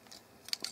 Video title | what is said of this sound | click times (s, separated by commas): Tansformers TFC TOYS - URANOS - Harrier aka Slingshot - FULL HD | ziehen jetzt die Beine lang, ebenso, bis es knackt. Ja, | 0.5 s